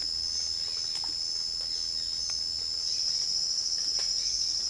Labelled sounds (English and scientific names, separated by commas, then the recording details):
none
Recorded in secondary vegetation near Puerto Asís, Putumayo, Colombia, on 12 March 2025 at 09:30
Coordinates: 0.488, -76.319
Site G095